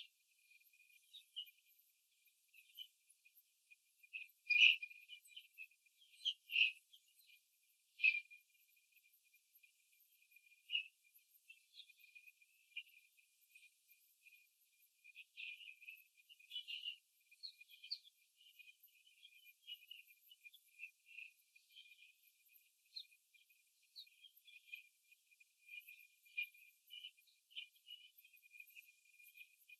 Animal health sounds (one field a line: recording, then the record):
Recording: young laying hens in a cage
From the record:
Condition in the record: before the stressor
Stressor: simulated dog barking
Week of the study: 3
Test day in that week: 1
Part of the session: 2